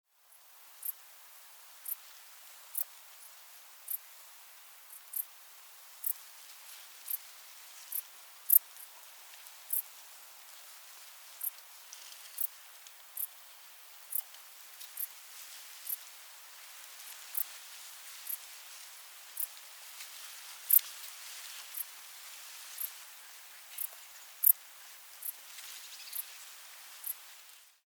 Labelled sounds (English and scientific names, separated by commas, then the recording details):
Dark Bush-cricket (Pholidoptera griseoaptera)
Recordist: Frommolt, Karl-Heinz
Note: Gesang von zumindest zwei Tieren